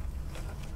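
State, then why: Not seated. A fully buffered DDR2 memory module (FB-DIMM) is being handled and pressed toward a DIMM slot on an HP ProLiant DL380 G5 server motherboard. A steady low rumble with soft rustling handling noise is heard, with no sharp transients. Nothing has seated or clicked yet.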